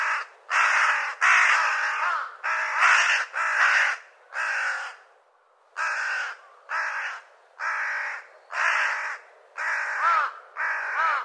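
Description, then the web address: Bird giving loud harsh caws, a long series of many hoarse calls with a brief pause midway. "cianscape birddata Deverinetal"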